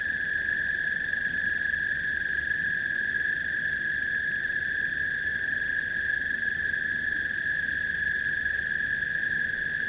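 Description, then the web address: Crickets keep up a continuous, even, high-pitched trill with no pauses, forming a dense chorus over soft low background noise. Swamp background ambience. "Sony Creative Software Sony Pictures Sound Effects Series Volumes 1-10 Volume 8 Backgrounds Swamp Crickets"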